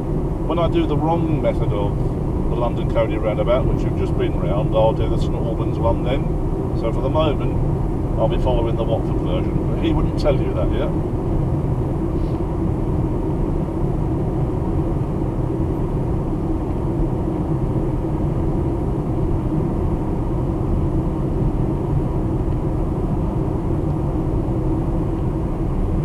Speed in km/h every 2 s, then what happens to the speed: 85, 87, 89, 92, 93, 95, 93, 95, 95, 95, 95, 97, 97.
0-9 speeds up to 95. 9-26 steady at about 95.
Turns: none.